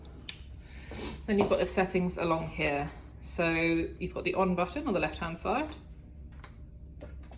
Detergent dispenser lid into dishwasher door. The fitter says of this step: once it's unpackaged pop the tablet in there and slide it shut until it clicks then